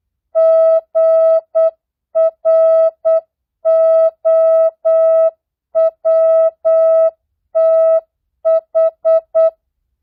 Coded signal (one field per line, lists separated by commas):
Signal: Morse code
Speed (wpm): 8 wpm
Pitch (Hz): 650 Hz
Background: music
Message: GROWTH